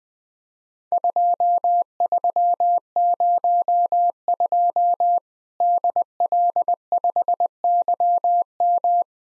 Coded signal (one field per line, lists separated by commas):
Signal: Morse code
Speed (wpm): 20 wpm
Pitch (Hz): 700 Hz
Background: none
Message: 2302 DL5YM